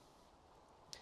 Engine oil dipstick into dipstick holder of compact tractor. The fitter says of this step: so I'm going to put this back in the dipstick holder and you want to make sure that it's it's always clicked back in